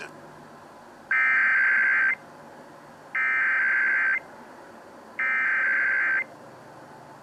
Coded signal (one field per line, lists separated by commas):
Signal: Emergency Alert System (SAME) tones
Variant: header bursts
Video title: Oregon's RMT (EAS #2819-2827)